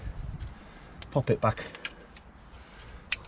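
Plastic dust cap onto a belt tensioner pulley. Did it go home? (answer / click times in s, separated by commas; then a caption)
yes / 3.1 s. A plastic dust cap is pushed back onto the new belt tensioner pulley on a 2004–2011 BMW 1 Series N47 engine, after the pulley bolt has been snugged up. Someone talks, and a few light taps sound before the cap snaps into place with a sharp click at 3.1 seconds, confirming it is seated.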